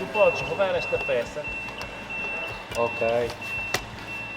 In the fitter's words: Et il doit rester, il y a un clic.